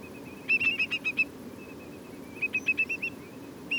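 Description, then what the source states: Whimbrel piping, two rapid runs of clear whistled notes and a single note at the end, over a low constant rumble. Several whimbrels, lots of piping; Portland.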